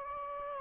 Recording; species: mosquito wingbeat signal from an infrared sensor; Anopheles gambiae